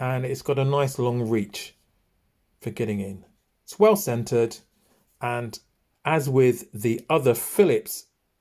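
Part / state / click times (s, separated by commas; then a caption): Phillips screwdriver blade in pocket knife back spring / not seated / none. Someone talks while handling the small Phillips screwdriver blade of a large Victorinox Hercules multitool pocket knife, which opens until its back spring locks it. Only talk is heard, and nothing has snapped or seated into place yet.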